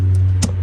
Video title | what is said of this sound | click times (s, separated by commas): Fitting a Chinese diesel heater and using the main diesel tank ( motorhome) | that's it, it's just snapped into place. Job's done. | 0.4 s